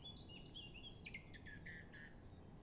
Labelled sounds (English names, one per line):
Song Thrush